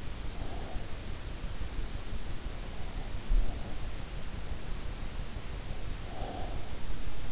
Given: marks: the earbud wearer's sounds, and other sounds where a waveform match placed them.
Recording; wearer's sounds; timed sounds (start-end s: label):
sounds in sleep by an in-ear microphone; breath
0.24-1.44 s: breath
5.82-6.62 s: breath